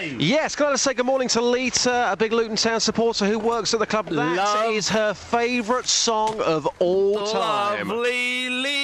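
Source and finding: Adult male. Normal speech.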